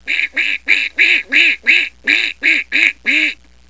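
Duck quacking, ten nasal quacks in a steady run about three per second, each with a bright harmonic band, over a faint low hum.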